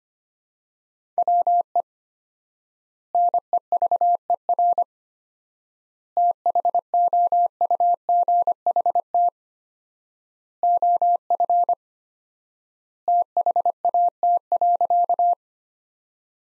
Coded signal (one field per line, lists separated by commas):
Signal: Morse code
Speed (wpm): 25 wpm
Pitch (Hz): 700 Hz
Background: none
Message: WE NEVER THOUGHT OF THAT.